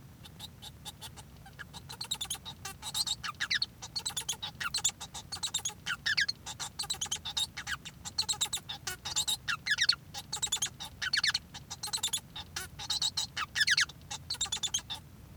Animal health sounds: song of a male Bengalese finch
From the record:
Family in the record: son of father 1

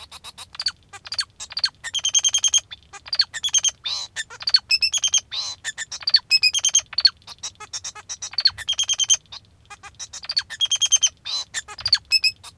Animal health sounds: song of a male Bengalese finch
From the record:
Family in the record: father 2

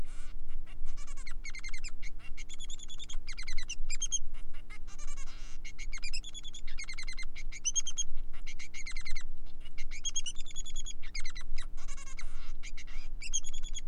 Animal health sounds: song of a male Bengalese finch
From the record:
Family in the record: son of father 3

